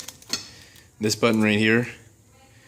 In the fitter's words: um you know this pry bar obviously with electrical connectors you don't want to pry too hard but once you hear the click